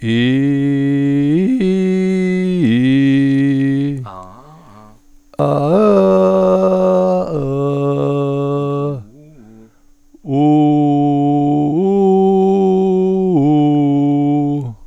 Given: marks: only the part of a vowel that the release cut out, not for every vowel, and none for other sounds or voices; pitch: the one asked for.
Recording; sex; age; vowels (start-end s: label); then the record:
sustained vowels; male; 60 to 69 years
0.28-3.72 s: vowel /i/, low-high-low pitch
5.49-8.81 s: vowel /a/, low-high-low pitch
10.48-14.44 s: vowel /u/, low-high-low pitch
From the record:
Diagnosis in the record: healthy voice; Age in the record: 68 years